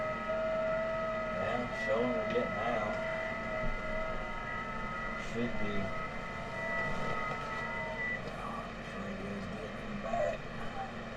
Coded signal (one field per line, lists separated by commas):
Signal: FT8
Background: speech